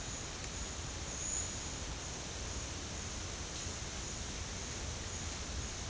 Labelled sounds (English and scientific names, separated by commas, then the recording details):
none
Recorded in secondary vegetation near Puerto Asís, Putumayo, Colombia, on 24 March 2025 at 11:00
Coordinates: 0.502, -76.326
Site G100